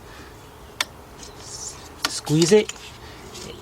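Metal locking hose-clamp pliers squeeze a spring hose clamp open on a 2003 Jeep Liberty Sport 3.7 during a partial engine rebuild. Two sharp clicks at 0.8 s and 2.1 s mark the pliers ratcheting and locking into place, holding the clamp open, and someone talks briefly. The pliers are seated and locked.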